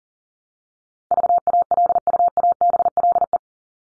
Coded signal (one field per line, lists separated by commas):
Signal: Morse code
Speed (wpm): 37 wpm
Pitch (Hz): 700 Hz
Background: none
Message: VALUABLE